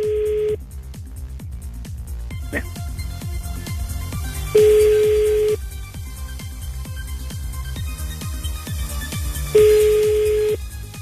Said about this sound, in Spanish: Vamos a ver si contesta. Si te pregunta de qué número estás llamando, le dices que es el teléfono del amigo.